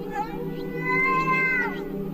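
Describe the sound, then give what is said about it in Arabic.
A cat gives one long, drawn-out meow, a wavering, rising-then-falling tone with a rough, breathy edge that holds steady for about two seconds over a low murmur. The cat is inside a room. “لحد ما إيدي جت على شعر، شعر ناعم وصوت قطة بتتنفس جوه في الأوضة معايا.”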